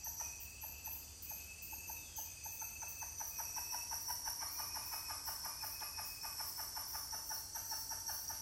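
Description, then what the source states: Titi monkey call sequence of short repeated notes that start spaced out and then quicken into a steady rhythmic pulse, backed by a continuous shrill insect hum. More than one titi monkey calling.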